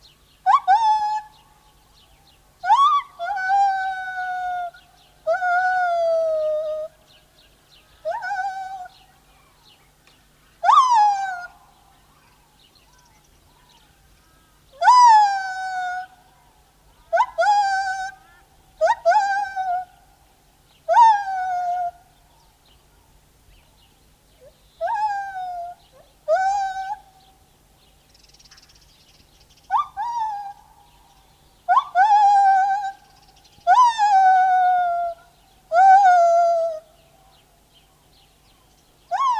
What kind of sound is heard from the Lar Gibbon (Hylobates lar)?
song